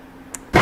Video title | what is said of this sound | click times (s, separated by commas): Advanblack HYPER LED Saddlebag Lights | going to plug it in and we're going to listen for that click | 0.3 s